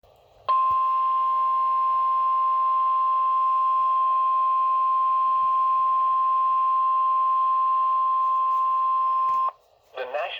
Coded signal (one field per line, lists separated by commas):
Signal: Emergency Alert System (SAME) tones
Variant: 1050 Hz attention tone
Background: speech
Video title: Severe Thunderstorm Warning (EAS #19)